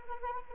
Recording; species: mosquito wingbeat signal from an infrared sensor; Anopheles arabiensis